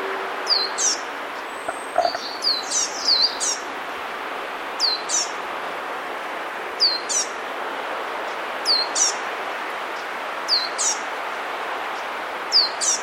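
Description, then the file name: Eurasian blue tit calls: bright high notes dropping in pitch, repeated in loose groups throughout against a constant hiss. "Cyanistes caeruleus"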